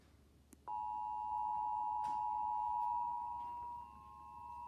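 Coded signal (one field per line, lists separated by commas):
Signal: Emergency Alert System (SAME) tones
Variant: 853 and 960 Hz attention tone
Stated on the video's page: Nationwide EAS test received via phone alert and Xfinity cable box.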